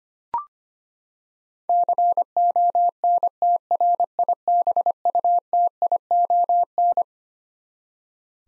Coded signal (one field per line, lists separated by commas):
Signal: Morse code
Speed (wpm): 25 wpm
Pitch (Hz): 700 Hz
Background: none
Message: CONTRIBUTION